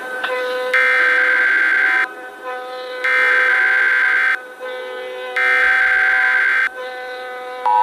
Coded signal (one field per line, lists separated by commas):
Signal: Emergency Alert System (SAME) tones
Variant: header bursts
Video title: EAS scenario: SCP 001 (EAS IS COOL and FireAlarmFanaticWX EAS)